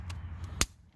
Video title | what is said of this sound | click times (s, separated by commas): 2007 - 2012 Nissan Altima: Driver Side Window Switch Replacement! | until it snaps in on this side same thing | 0.6 s